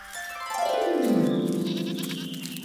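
A young goat lets out one long bleat that drops in pitch and then holds, wavering and nasal, for about two seconds with no other sounds around it.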